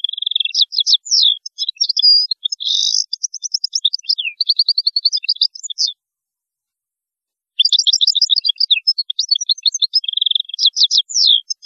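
European goldfinch song: fast, tinkling twitter of varied chirps, trills and buzzy notes, running about six seconds, pausing briefly, then resuming.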